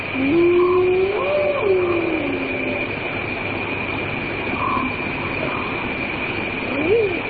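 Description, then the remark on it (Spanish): A hyena's whooping call at night in Africa: one long, low, rising-and-falling whoop, then a shorter whoop after a pause, over a steady background hiss and hum. “las hienas que en plena noche en África suenan así”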